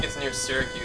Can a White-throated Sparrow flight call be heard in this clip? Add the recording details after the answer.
no. No flight call is heard. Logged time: 02:35 on 4 September 2014